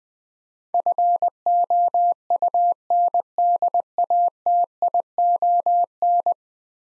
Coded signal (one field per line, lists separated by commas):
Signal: Morse code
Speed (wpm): 20 wpm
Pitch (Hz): 700 Hz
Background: none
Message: FOUNDATION